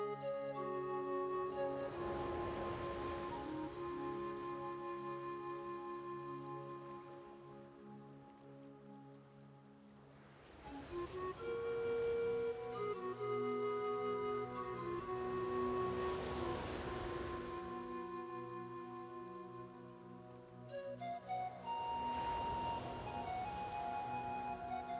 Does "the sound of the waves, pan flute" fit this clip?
yes